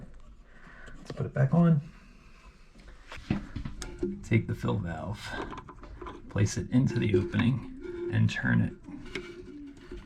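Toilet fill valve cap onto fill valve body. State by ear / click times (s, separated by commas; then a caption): seated / 9.2 s. The plastic top of a toilet fill valve is set into the opening on the valve body and turned while someone talks. A single sharp click at 9.2 s marks the cap twist-locking into place, seated.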